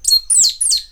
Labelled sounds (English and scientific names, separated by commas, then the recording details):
Stitchbird (Notiomystis cincta) song
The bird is a male
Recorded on Tiritiri Matangi Island, New Zealand, in 2005
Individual 10, of nest box 12